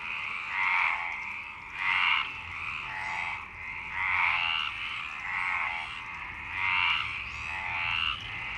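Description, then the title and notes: Frogs giving grating, pulsed croaks in distinct bursts about every second or so, separated by short quieter gaps. Frogs in Parc Longchamp, Marseille, Provence-Alpes-Côte d'Azur, France, 26 March 2011 at 19:35, recorded with a MixPre-6 and Basic UCHO. "Marseille, Provence-Alpes-Côte d'Azur, France - 26_03_11_19_35 Longchamps_004 grenouilles. Grenouilles au parc de Longchamp"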